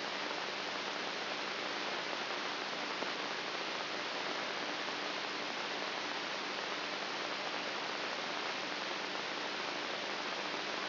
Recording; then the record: brain microelectrode recording played as sound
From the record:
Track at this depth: inside the subthalamic nucleus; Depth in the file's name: 5.64 mm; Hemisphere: right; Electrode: 3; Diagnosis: Parkinson's disease